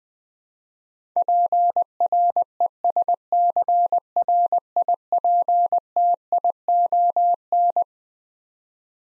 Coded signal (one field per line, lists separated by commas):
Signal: Morse code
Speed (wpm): 20 wpm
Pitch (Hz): 700 Hz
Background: none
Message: PRESCRIPTION